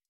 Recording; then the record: hydrophone in a shrimp aquaculture tank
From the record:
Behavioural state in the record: stressed